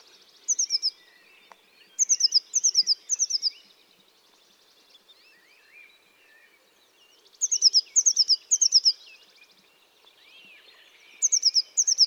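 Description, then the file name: Eurasian blue tit giving quick, high-pitched strings of thin falling notes in four separate bursts, with faint buzzy chatter and scattered chirps between them. "Cyanistes caeruleus"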